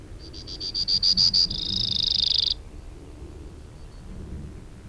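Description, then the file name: Brewer's sparrow song: a series of separate high pulsed notes that speeds into a dry, buzzy trill lasting about a second, then stops abruptly. Recorded on 2 June 2001. "2001-06-02 Brewers Sparrow"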